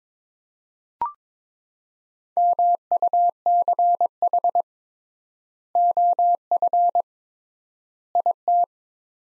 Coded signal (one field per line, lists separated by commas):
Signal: Morse code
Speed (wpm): 22 wpm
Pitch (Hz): 700 Hz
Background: none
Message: MUCH OF IT